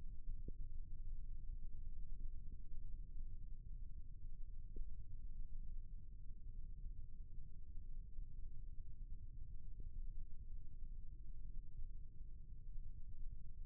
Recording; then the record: forearm muscle sounds (acoustic myography)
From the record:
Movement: rest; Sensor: system 1, eight BSWA MPA416 microphones around the upper forearm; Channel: 5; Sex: female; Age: 22 years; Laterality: right